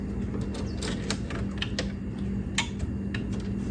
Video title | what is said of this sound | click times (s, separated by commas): S7 E6 Explain the Bible To Me | snap in place like magic | 2.6 s